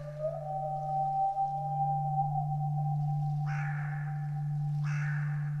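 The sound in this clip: Bird making two harsh, cawing calls in close succession late, over a long steady tone and a low hum.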